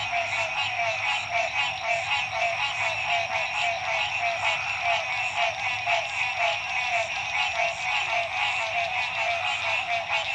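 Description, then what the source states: Many frogs calling together, steady overlapping trills and pulses forming an unbroken high chorus. Frogs at dusk at La Rue PH, Illinois.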